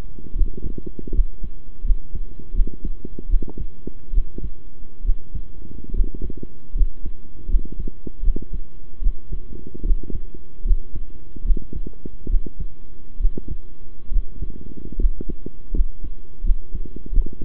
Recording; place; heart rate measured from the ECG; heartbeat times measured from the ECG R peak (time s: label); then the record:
heart sounds by stethoscope; between the tricuspid and mitral areas; 75 bpm
0.34 s: heartbeat
1.12 s: heartbeat
1.83 s: heartbeat
2.53 s: heartbeat
3.28 s: heartbeat
4.12 s: heartbeat
5.04 s: heartbeat
5.93 s: heartbeat
6.74 s: heartbeat
7.48 s: heartbeat
8.22 s: heartbeat
9.01 s: heartbeat
9.84 s: heartbeat
10.64 s: heartbeat
11.44 s: heartbeat
12.28 s: heartbeat
13.19 s: heartbeat
14.11 s: heartbeat
14.98 s: heartbeat
15.73 s: heartbeat
16.43 s: heartbeat
17.12 s: heartbeat
From the record:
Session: rest, sitting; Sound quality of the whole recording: good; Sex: male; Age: 23 years